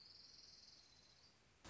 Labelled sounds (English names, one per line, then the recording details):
Orange-crowned Warbler
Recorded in Sonoma County, California